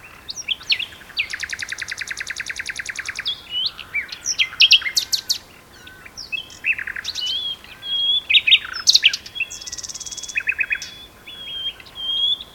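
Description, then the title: Common nightingale song: a long, even run of rapid repeated notes, then varied whistles, chirps and another fast buzzy trill. Two nightingales singing in a duet on Westleton Heath. "sanderson. nightingale duet on westleton heath"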